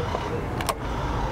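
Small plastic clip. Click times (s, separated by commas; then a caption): 0.2 s, 0.6 s. A thin tool is pushed into a small hole in the deployed active headrest of a Mercedes-Benz C-Class (W203) car seat, deployed after an accident, until it engages the internal plastic release clip. Short clicks are heard at 0.1 s and 0.6 s over a steady low background hum. The tool clicks onto the release clip and is seated in place.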